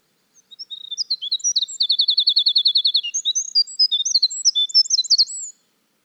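Winter wren song running over five seconds: quick high chips, a long machine-gun trill, then a jumble of sweet, varied twitters.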